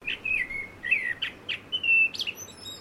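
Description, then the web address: Blackbird calling: a sequence of soft whistled notes, ending on a longer clear whistle and a rising flourish. "Sound Effects-Foundation 1 BIRD BLACKBIRD CALL"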